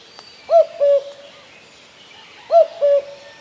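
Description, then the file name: Common cuckoo giving two clear cu-coo calls two seconds apart, each a higher note dropping to a slightly lower one, over quiet background. Recorded in spring. "Kukulka Wiosenny Ptakow Spiew"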